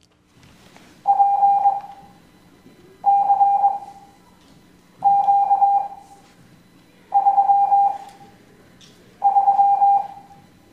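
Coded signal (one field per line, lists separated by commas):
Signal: Morse code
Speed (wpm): 22 wpm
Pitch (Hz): 800 Hz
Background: none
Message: PCQ33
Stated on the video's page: Morse code class lesson.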